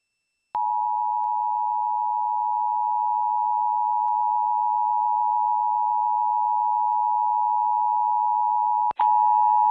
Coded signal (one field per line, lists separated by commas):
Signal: Emergency Alert System (SAME) tones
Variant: 853 and 960 Hz attention tone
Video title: EAS #65: February 2023 Ohio Required Monthly Test on WTRF-TV